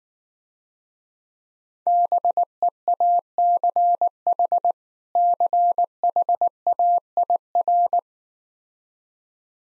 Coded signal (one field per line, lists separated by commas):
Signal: Morse code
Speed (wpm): 19 wpm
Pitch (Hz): 700 Hz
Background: none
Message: BEACH CHAIR